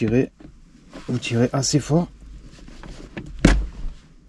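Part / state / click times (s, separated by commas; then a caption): gear shift knob on shift lever / released / 3.4 s. Someone talks while pulling the old plastic gear shift knob of a Smart Fortwo 450 hard upward off its shift lever; it is only clipped on and is being replaced because a dog chewed it. After a few small ticks, the knob pops off its clip with a sharp snap at 3.5 s and comes free of the lever.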